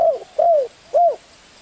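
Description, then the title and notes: Spotted Dove with three brief, mellow coos, each slightly arched in pitch. Lure calls used to attract the birds. "Pikat Burung Tekukur. suara burung tekukur"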